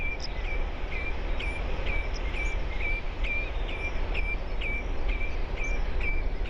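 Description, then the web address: Roseate tern calls: short, sharp notes repeated in a steady, rapid series over a strong low rumble. Recorded on Trischen island. "trischen. Ros-gekürzt"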